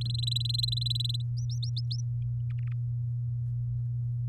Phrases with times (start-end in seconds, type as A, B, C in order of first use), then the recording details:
0.01-1.22 A, 1.36-2.00 B. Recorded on 8 May 2018 at 17:05. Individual llb16